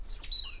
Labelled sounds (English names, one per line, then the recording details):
Stitchbird song
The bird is a male
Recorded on Tiritiri Matangi Island, New Zealand, in 2005
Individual 11, of nest box 13